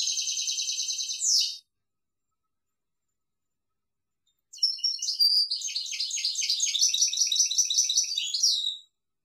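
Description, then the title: European goldfinch song: a fast trilled phrase ending in a downward slur, then after a three-second pause a longer tinkling, buzzy twittering run. "Chant Chardonneret"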